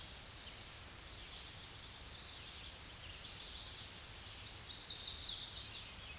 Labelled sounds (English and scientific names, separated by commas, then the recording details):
Chestnut-sided Warbler (Setophaga pensylvanica) song
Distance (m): 30 m
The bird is about level with the microphone
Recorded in a Pennsylvania forest on 16 May 2024 at 07:03
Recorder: AudioMoth, point MSD-2131
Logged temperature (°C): 14.8 °C
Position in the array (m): 11 m, 20 m